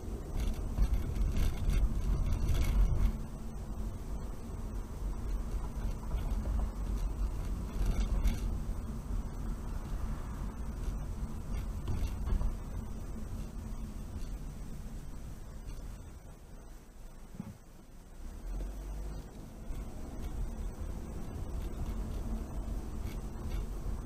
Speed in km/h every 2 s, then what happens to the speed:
23, 26, 29, 29, 29, 26, 23, 13, 5, 10, 19, 23.
0-4 speeds up to 29. 8-17 slows to 5. 17-24 speeds up to 23.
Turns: none.